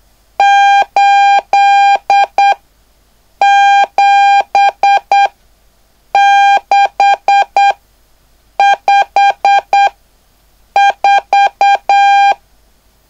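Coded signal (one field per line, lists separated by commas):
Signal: Morse code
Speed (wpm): 8 wpm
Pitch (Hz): 800 Hz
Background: none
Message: 87654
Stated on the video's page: Beginner CW class practice on speed, noise and numbers.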